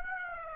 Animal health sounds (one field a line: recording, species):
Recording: mosquito wingbeat signal from an infrared sensor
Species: Aedes aegypti